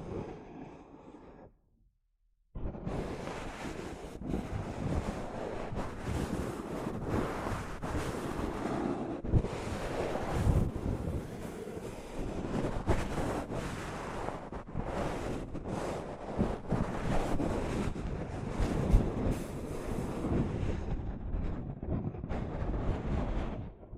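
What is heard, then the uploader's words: Soft fabric brushes against a microphone in a dense, rustling wash that rumbles low and hisses up high. A brief quieter stretch opens the clip and drops to near silence around two seconds, then the brushing runs continuously with uneven swells and scratchy strokes. ASMR Mic Brushing using Soft Fabric (No Talking).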